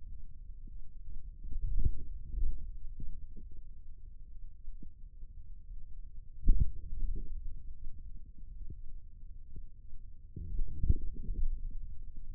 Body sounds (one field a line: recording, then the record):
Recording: forearm muscle sounds (acoustic myography)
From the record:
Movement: wrist extension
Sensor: system 2, bracelet of six BSWA MPA416 microphones around the upper forearm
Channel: 3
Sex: male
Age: 22 years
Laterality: right